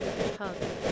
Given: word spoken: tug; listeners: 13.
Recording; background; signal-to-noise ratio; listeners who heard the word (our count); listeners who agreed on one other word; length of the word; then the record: one English word in noise, from a listening test; noise modulated by three-talker babble; -7.5 dB; 1 of 13; 11 of 13; 0.52 s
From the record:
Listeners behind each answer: 11, 1, 1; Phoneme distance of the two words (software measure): 10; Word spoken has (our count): 1 syllable, 3 phonemes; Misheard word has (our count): 1 syllable, 3 phonemes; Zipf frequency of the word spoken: 3.51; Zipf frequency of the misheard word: 4.13